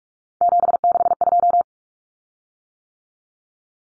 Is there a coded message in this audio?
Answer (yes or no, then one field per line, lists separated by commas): yes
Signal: Morse code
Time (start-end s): 0.4-1.6 s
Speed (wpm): 44 wpm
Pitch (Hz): 700 Hz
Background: none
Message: 762